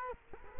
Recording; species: mosquito wingbeat signal from an infrared sensor; Culex quinquefasciatus